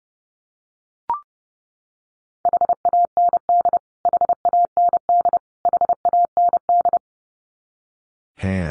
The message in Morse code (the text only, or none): HAND HAND HAND